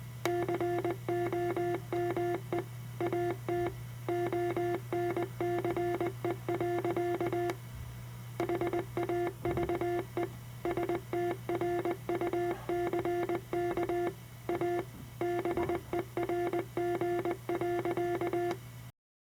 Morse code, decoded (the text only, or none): COME AT ONCE. HAVE STRUCK A BERG.